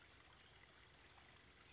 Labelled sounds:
Western Flycatcher (Empidonax difficilis)

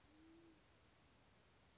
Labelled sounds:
Band-tailed Pigeon (Patagioenas fasciata)

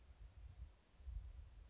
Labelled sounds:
Blue-gray Gnatcatcher (Polioptila caerulea)

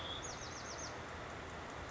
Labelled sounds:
Bewick's Wren (Thryomanes bewickii)

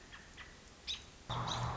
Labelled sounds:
American Robin (Turdus migratorius)

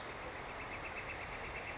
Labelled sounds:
Northern Flicker (Colaptes auratus)

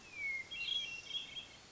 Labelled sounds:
Hermit Thrush (Catharus guttatus)

